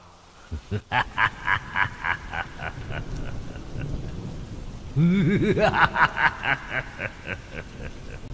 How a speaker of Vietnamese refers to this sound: Tiếng cười như ngàn mũi kim lẫn trong tiếng mưa gió đâm vào tai ông rồi, làm cho ông quằn quại ở dưới nền nhà.